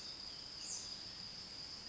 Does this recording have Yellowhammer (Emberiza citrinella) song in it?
no